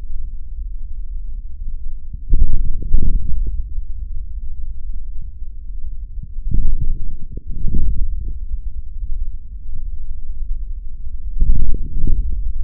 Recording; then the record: forearm muscle sounds (acoustic myography)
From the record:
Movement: forearm pronation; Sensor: system 3, bracelet of six PUI Audio POM-2738L microphones around the upper forearm, with dedicated amplification and filtering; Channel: 2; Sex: male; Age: 26 years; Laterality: right